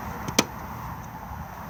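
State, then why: Released. Pushing up the collar on the external barbecue gas point of a 2018 Auto-Sleeper Symbol motorhome releases the plugged-in gas hose adapter spear. The bayonet connector pops out with a single sharp, loud hit at 0.4 s, preceded by a faint tap around 0.3 s. The spear is released from the gas point.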